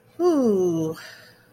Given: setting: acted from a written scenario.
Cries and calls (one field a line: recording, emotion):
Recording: vocal sound without words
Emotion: relief